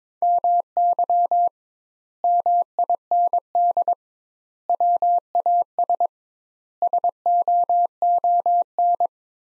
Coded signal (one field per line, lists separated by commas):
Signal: Morse code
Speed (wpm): 22 wpm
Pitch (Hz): 700 Hz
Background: none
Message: MY MIND WAS SOON